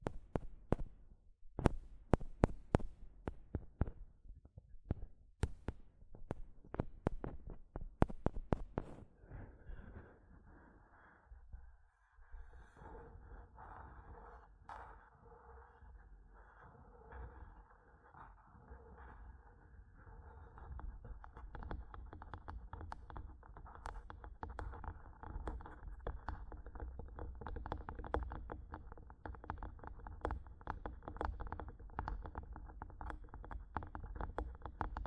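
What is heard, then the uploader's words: Mic tapping and scratching, opening with sharp, separate taps spaced irregularly for about nine seconds. After that the sound turns to a dense, continuous scratching and rubbing with a low thumpy body, interrupted briefly around twelve seconds, then growing steadily busier with rapid clicks to the end. ASMR Mic Tapping and Scratching (No Talking).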